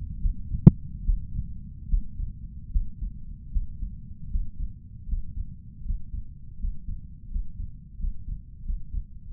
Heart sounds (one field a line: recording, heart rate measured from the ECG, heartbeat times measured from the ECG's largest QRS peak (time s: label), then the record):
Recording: heart sounds by stethoscope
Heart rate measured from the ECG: 79 bpm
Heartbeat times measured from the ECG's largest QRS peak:
0.20 s: heartbeat
1.04 s: heartbeat
1.88 s: heartbeat
2.71 s: heartbeat
3.51 s: heartbeat
4.30 s: heartbeat
5.07 s: heartbeat
5.84 s: heartbeat
6.58 s: heartbeat
7.30 s: heartbeat
7.98 s: heartbeat
8.64 s: heartbeat
9.29 s: heartbeat
From the record:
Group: healthy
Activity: breath hold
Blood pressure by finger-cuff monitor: 123/71 mmHg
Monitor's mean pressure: 80 mmHg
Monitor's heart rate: 77 bpm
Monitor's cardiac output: 7 L/min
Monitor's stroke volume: 90 mL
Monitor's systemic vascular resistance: 860 dyn s/cm5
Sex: male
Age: 23 years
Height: 179 cm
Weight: 87 kg